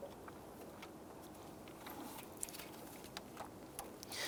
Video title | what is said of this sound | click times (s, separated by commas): How to Replace Starter 1992-1996 Toyota Camry 2.2L L4 | you're going to feel and hear it snap into place | 2.4 s